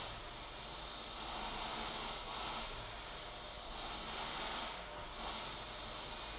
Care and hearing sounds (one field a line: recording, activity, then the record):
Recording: daily activity, microphone in the room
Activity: vacuum cleaning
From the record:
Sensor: 5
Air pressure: 992.0 hPa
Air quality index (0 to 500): 175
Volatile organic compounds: 621 ppm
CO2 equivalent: 4959 ppm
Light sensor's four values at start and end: 30/104/38/41 and 30/104/38/41